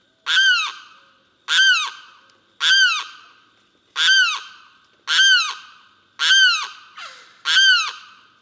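Limpkin uttering seven strident wails in steady succession, roughly one every second.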